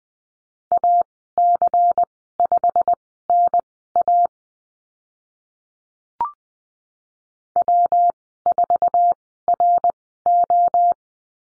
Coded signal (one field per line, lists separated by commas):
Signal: Morse code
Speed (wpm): 20 wpm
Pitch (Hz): 700 Hz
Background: none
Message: AC5NA W4RO